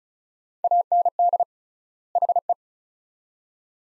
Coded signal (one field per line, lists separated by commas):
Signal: Morse code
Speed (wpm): 36 wpm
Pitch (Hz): 700 Hz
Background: none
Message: AND HE